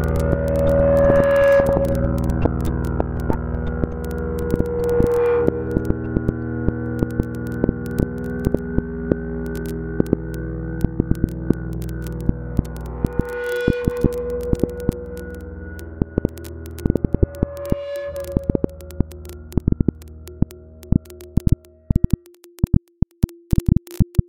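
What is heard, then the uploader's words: Glitchy electronic sound built from a dense stream of tiny grains, with steady buzzing tones stacked from low to mid pitch and frequent sharp clicks. Brief rising swells break through near the start, around five seconds, fourteen and eighteen seconds. After twenty-two seconds the low layer drops away, leaving sparse clicks and a thin hum. Glitch sounds with grain durations calculated according to a fractal system. All sounds are created and performed live in SuperCollider.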